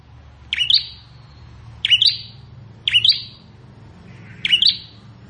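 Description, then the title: Plain prinia song: four buzzy chirps at uneven intervals, each trailing off, with a low background hum. "Ciblek Sawah"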